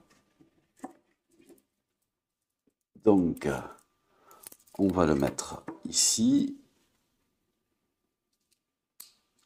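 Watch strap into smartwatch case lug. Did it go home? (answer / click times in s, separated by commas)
yes / 9.0 s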